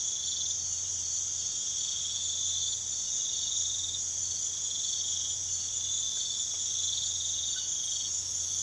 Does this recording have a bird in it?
no